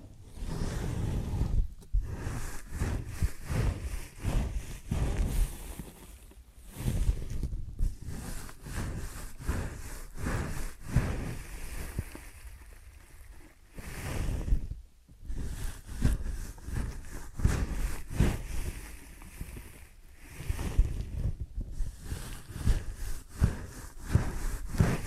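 Scalp and ear massage fills the clip with dense, crackling rubbing and scratching that rushes like surf in uneven bursts. Brief near-silent gaps break the texture around 2, 7, 14–15 and 21 seconds, and low rumbling thumps run underneath throughout.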